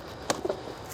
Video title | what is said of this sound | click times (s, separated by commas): Rovic RV1D disc golf cart | i then get the button to unlock that front wheel and snap it up | 0.3 s